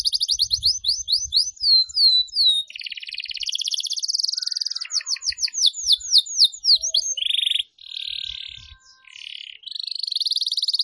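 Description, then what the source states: Atlantic canary song: varied rolling trills, sweeping whistled notes and buzzy rattles, with tempo and pitch changing from phrase to phrase. Canary, called kenari, recording used as a lure for bird-trapping (pikat).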